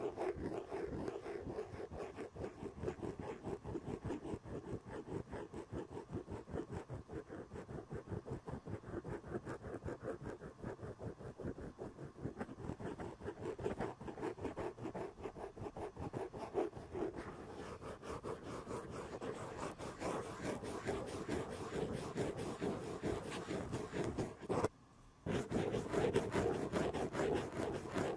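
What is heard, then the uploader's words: Rapid, steady scratching at an old sweater's elbow pad, dense rasping strokes with a brief pause near twenty-five seconds before resuming. Sounds like: having your shaved head rubbed in a circle, tracing a kneecap under leggings, scratching the elbow pad of an old sweater.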